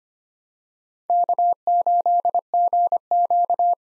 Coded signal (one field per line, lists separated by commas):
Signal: Morse code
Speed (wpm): 25 wpm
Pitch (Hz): 700 Hz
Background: none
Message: K8GQ